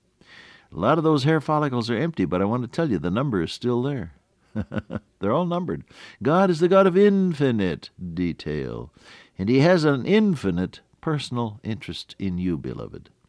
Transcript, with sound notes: A lot of those hair follicles are empty, but I wanna tell you, the number is still there. [chuckle] They’re all numbered. God is the God of infinite detail and He has an infinite personal interest in you, beloved.